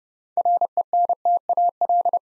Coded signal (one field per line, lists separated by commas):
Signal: Morse code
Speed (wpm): 30 wpm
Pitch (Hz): 700 Hz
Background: none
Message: RENTAL